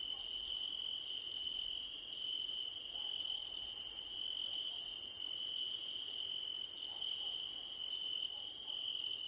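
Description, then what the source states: Crickets chirping in a high pulsed trill, bursts about a second long with short gaps, over a steady high continuous hum. Crickets calling at night under a starlit sky.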